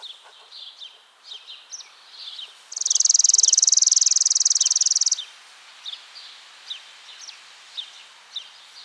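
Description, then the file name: Chipping sparrow giving one fast, mechanical trill of identical high chips lasting about two and a half seconds, with faint chips before and after. "Spizella passerina - Chipping Sparrow"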